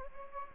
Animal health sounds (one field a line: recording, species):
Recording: mosquito wingbeat signal from an infrared sensor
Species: Anopheles gambiae